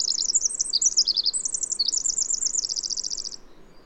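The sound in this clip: Bird song, quick high chirping phrases leading into a long fast even trill that fades out near the end.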